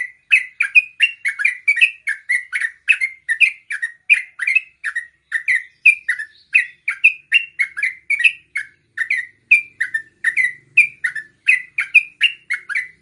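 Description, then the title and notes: Yellow-vented bulbul song: a steady, rapid run of short, bright chirped notes, several a second, through the whole stretch. Tutor recording for training songbirds, in the 'tembakan' and 'ropel' song styles. "MASTERAN Trucukan Tembakan Dan Ropel. BURUNG TRUCUKAN"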